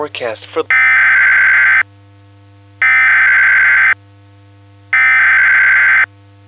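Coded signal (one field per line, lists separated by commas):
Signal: Emergency Alert System (SAME) tones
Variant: header bursts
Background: speech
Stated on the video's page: Simulated EAS scenario, a Christmas special.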